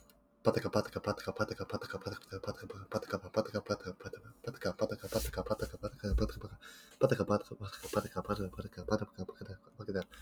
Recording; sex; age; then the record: repeated syllables /pa ta ka/; male; 20 to 29 years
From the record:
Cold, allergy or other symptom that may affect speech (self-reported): no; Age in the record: 20 years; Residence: Michigan, United States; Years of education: 12